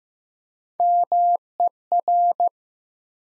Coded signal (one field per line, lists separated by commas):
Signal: Morse code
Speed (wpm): 15 wpm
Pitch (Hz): 700 Hz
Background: none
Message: MER